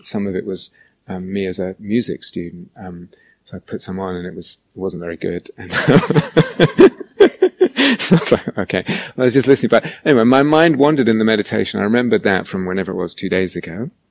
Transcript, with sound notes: Some of it was me as a music student. I put some on, and it wasn't very good. [laughter] It's like, "Okay ..." I was just listening. But anyway, my mind wandered in the meditation, and I remembered that from whenever it was -- two days ago.